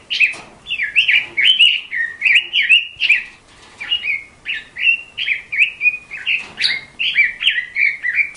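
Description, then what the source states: Bird song, continuous bright warbled and whistled phrases in quick succession, varied and bubbly, with short chirps mixed in across the whole stretch. Countryside birds singing.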